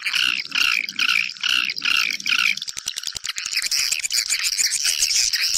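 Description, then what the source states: Swiftlet calls, several rhythmic bursts of twittering chirps, then a rapid run of dry clicks with high chirps over them. Lure sound played to attract swiftlets for nest farming.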